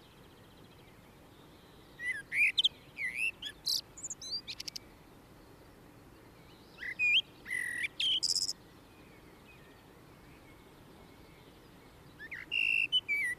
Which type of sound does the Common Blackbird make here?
song